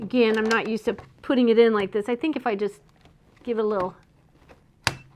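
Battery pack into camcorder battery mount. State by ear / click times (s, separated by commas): seated / 4.9 s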